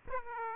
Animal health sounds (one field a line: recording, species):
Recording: mosquito wingbeat signal from an infrared sensor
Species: Aedes aegypti